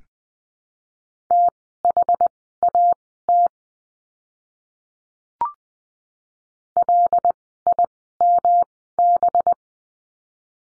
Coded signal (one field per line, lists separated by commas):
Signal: Morse code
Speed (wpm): 20 wpm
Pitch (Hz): 700 Hz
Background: none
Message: THAT LIMB